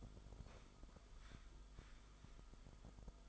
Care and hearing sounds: daily activity, microphone in the room; sit down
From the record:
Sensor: 5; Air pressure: 1005.1 hPa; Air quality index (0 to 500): 106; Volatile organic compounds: 2 ppm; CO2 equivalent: 1299 ppm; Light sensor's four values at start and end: 34/80/32/30 and 35/80/32/30

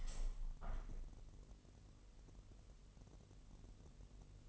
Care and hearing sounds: daily activity, microphone in the room; open window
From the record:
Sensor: 4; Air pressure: 1001.2 hPa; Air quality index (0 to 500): 248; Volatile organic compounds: 45 ppm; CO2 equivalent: 3224 ppm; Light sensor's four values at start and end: 9/19/8/7 and 9/20/8/7

